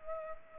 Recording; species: mosquito wingbeat signal from an infrared sensor; Culex pipiens